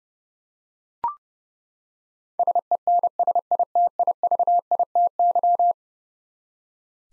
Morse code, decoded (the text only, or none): SENSITIVITY